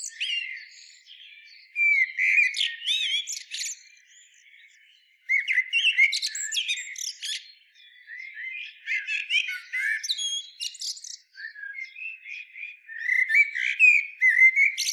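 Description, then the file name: Common blackbird singing a long run of varied warbling phrases with scratchy high twitters, broken by a few brief gaps. "Turdus merula"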